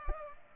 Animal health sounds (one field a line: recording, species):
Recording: mosquito wingbeat signal from an infrared sensor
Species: Culex pipiens